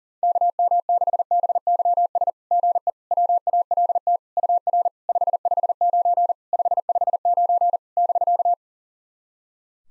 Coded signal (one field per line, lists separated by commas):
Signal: Morse code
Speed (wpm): 44 wpm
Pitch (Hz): 700 Hz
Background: none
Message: KM6BYS GE WALT UR 559 559 <BK>